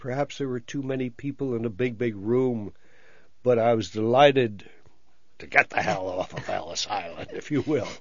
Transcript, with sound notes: Perhaps there were too many people in a big, big room, but I was delighted to get the hell (laughs) off of Ellis Island, if you will.